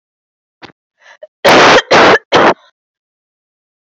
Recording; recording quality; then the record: heavy voluntary cough; excellent, no background noise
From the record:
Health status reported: COVID-19 positive, no symptoms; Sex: female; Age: 20 years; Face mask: not worn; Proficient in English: yes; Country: India